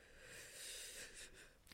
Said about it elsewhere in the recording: I'm sick and I'm pretty sure they can hear me wheezing. My mocos are in my nose right now.